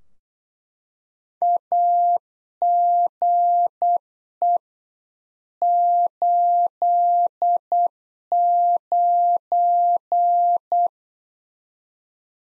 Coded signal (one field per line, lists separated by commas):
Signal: Morse code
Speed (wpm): 8 wpm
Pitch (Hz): 700 Hz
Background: none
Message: AGE 89